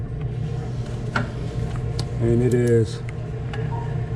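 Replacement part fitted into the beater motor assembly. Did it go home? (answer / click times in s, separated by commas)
yes / 1.2 s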